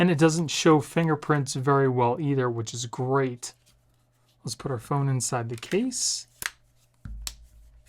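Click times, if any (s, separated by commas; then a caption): 7.3 s. Someone talks, then a Galaxy S24 Plus phone is pressed into a thin aramid-fiber PITAKA MagEZ Case 4 snap-on protective case. A few soft handling sounds lead to a sharp snap at 7.3 s as the case edges click over the phone, and it is fully seated so it won't fall off.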